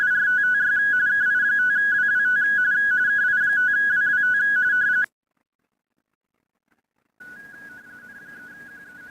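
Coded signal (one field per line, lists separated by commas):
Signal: RTTY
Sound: rapid warbling between two close tones, about five seconds, then a pause, then it resumes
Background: brief silence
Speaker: So I'm going to call CQ again.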